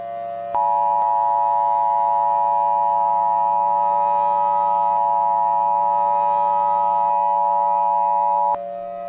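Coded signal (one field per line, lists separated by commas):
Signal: Emergency Alert System (SAME) tones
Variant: 853 and 960 Hz attention tone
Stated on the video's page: Fictional mini-scenario with valid EAS tones, alerting for an imagined EF5 tornado hitting Colorado Springs.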